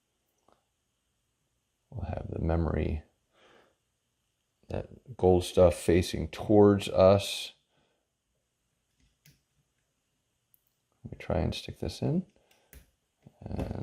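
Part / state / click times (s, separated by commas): memory card into digital camera card slot / not seated / none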